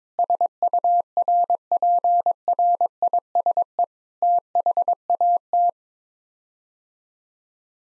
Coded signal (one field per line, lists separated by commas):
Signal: Morse code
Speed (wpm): 22 wpm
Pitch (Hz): 700 Hz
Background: none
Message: SURPRISE THAT